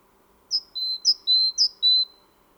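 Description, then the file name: Great tit song of three phrases, each a short high whistle followed by a longer, steady lower whistle, spaced about half a second apart. "Parus major"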